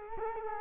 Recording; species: mosquito wingbeat signal from an infrared sensor; Culex quinquefasciatus